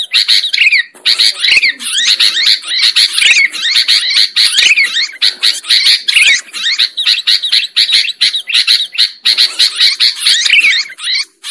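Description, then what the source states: Lovebird chirping calls: dense, rapid, sharp chirps and twittering in continuous bursts with brief pauses. Lure sound used for trapping lovebirds.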